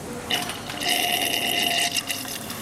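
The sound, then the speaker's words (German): Warm mineral water runs from a tap, fed by a pipe filled with warm water, and splashes into a glass: a steady hissing pour with rising tonal ringing as the glass fills, lasting about two seconds before tapering off. “Oh, hier kommt es dann gleich warm aus der Leitung, ja?”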